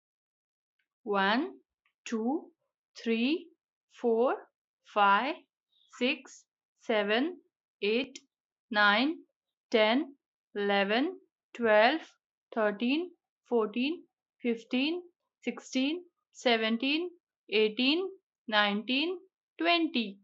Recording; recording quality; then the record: counting at a normal pace; excellent, no background noise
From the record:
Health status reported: healthy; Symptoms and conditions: none ticked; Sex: female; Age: 28 years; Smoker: not ticked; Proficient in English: yes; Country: India